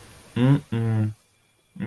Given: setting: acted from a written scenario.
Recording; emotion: vocal sound without words; contempt